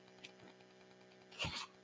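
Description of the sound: A steady low mechanical hum with faint rhythmic ticking runs under a quiet room, then a short breathy rush of air lasts about a quarter second. This is a home mechanical ventilator delivering a breath.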